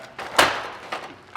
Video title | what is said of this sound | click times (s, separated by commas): UIS Cribmaster Vending Replenishment Training | find the groove and you're locked back in and you should hear that | 0.4 s